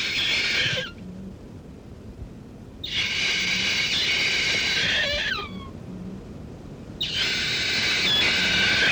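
Kakapo giving harsh, rasping calls with a hoarse, noisy quality, three long bursts separated by short quiet pauses, some ending in short downward-sliding notes.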